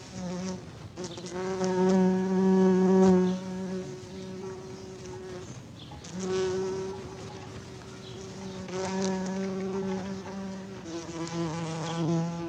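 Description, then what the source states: Bees buzzing loudly, a sustained low drone with strong harmonic tones rising and falling as bees come and go in waves. Bees on honeysuckle.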